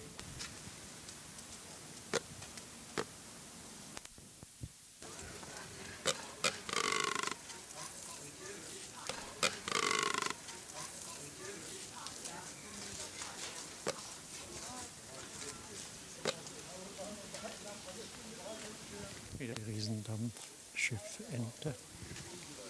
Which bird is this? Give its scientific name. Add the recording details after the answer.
Tachyeres pteneres. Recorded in captivity. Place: Zoo Berlin, Berlin, DE. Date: 2004-01-02 15:00. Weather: fair, -2°C. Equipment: Fair Mate ST-1328 (Asahi Electronics, Japan), Sennheiser ME 80, Kopie Uher 4000 Report Monitor. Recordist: Tembrock, Günter